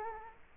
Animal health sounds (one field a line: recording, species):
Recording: mosquito wingbeat signal from an infrared sensor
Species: Culex quinquefasciatus